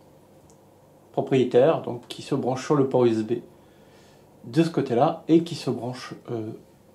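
Someone talks while handling a proprietary magnetic charging cable, which plugs into a USB port at one end, for a Pebble Time smartwatch, with a faint tick near 0.5 s. The magnetic connector has not yet clicked onto the charging contacts on the back of the watch, so nothing has seated yet.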